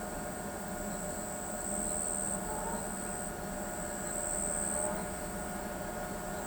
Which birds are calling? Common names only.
none